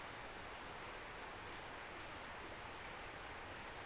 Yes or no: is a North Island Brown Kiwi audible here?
no